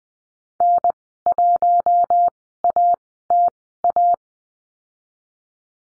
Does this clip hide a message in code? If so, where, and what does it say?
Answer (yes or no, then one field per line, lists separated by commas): yes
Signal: Morse code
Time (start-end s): 0.6-4.1 s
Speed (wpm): 20 wpm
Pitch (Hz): 700 Hz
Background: none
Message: N1ATA